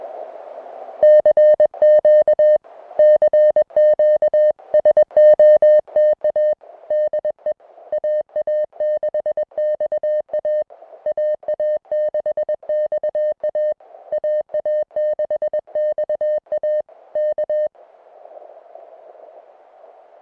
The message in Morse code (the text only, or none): CQ CQ SOTA DE AA6XA AA6XA AA6XA K